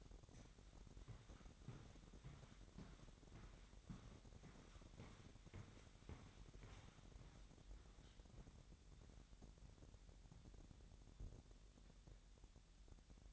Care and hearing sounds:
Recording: daily activity, microphone in the room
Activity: walk to room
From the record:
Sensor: 3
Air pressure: 1012.2 hPa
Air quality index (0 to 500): 164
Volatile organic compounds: 2 ppm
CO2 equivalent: 1242 ppm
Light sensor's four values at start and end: 131/310/128/118 and 134/319/132/121

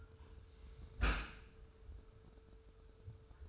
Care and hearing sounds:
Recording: daily activity, microphone in the room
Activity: close dishwasher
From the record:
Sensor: 2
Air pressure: 1014.8 hPa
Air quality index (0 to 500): 25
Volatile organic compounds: 0 ppm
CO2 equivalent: 500 ppm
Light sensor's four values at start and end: 9/22/9/9 and 9/22/9/9

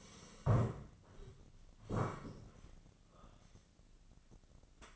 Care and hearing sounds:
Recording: daily activity, microphone in the room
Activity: sit down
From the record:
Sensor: 4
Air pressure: 1013.1 hPa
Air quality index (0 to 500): 176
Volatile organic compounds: 2 ppm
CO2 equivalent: 1108 ppm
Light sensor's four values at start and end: 54/133/56/60 and 54/133/56/60

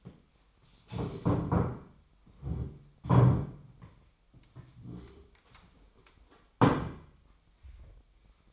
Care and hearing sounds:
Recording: daily activity, microphone in the room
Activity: stand up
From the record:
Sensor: 1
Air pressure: 1007.9 hPa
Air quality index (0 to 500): 192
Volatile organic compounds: 17 ppm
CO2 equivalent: 2596 ppm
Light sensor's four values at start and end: 13/33/13/15 and 13/33/13/15

